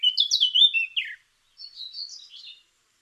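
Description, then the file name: Eurasian blackcap phrase: a brisk cluster of warbled, slurred high notes, a short gap, then a quieter, thin rising and falling twitter. "Sylvia atricapilla"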